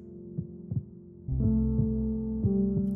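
An adult's heartbeat: soft, regular low thumps in paired lub-dub beats, roughly 55–60 a minute, over a steady low droning hum. Partway through, the hum grows louder and fuller while the heartbeat continues at the same steady pace.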